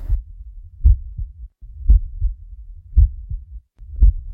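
Regular, low, muffled lub-dub beats at about 57 a minute, with soft pauses between pairs and faint background hum. This is the heartbeat of a one-month-old embryo, a young heart.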